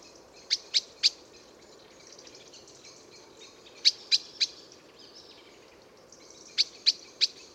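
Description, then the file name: Eurasian blackbird calling with hard, metallic chinks in three quick triplets spaced a few seconds apart, faint hiss in the background. "Turdus merula"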